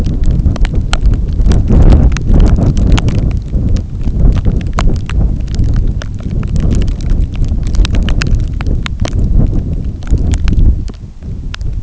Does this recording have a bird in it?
no